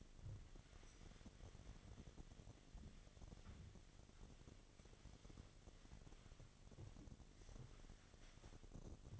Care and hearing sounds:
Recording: daily activity, microphone in the room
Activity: wipe stove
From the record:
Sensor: 4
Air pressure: 1007.8 hPa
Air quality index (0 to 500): 197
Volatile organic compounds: 7 ppm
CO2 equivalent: 1966 ppm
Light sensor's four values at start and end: 22/71/27/26 and 22/71/27/26

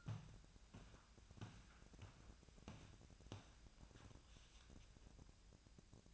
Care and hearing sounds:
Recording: daily activity, microphone in the room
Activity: walk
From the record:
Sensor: 2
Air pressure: 1012.0 hPa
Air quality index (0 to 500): 176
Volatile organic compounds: 2 ppm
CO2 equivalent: 1282 ppm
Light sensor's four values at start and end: 41/110/47/52 and 42/112/47/52

